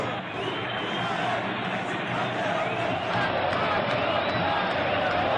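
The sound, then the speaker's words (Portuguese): A huge crowd of Vasco football fans sings together in São Januário stadium, a steady, loud wall of massed voices with a rising and falling chant melody carried through the whole stretch. “Um pula é, deixa o caldeirão ferver, canta a torcida do Vasco.”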